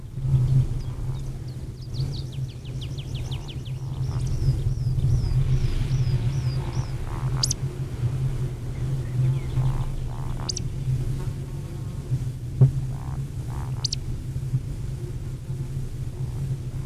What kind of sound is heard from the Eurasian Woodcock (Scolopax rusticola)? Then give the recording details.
flight song. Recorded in the wild. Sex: male. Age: adult. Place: Feldberg - Koldenhof, Mecklenburgische Seenplatte, Mecklenburg, DE. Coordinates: 53.3294, 13.3136. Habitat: mixed forest. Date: 1976-06-30 20:28. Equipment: Uher CR 210, Sennheiser MD 421 HL, Verstärker, Reflektor, Kopie Uher 4200. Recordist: Tembrock, Günter